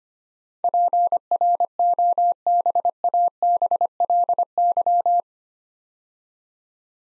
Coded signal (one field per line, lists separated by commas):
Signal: Morse code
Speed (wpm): 25 wpm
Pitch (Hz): 700 Hz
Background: none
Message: PROBABLY